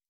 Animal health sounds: hydrophone in a shrimp aquaculture tank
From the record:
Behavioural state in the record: stressed

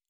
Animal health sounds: hydrophone in a shrimp aquaculture tank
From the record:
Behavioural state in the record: normal

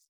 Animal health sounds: hydrophone in a shrimp aquaculture tank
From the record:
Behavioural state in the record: feeding

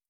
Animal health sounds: hydrophone in a shrimp aquaculture tank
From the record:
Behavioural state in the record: starved

